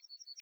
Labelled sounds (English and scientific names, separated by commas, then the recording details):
Yellowhammer (Emberiza citrinella) song
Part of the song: start
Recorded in the Czech Republic on 23 May 2015
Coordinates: 49.979, 16.152
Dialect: BC
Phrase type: A62
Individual ch020